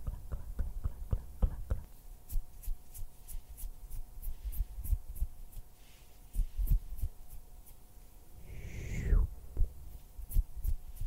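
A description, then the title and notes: Hand and mouth sounds: a quick, even run of finger taps fills the first two seconds, then sharp clicks and flicks arrive sparsely. Near the ninth second a breathy mouth sound swoops downward from bright to low, over a faint steady hum. Hand sounds, finger fluttering, mouth sounds.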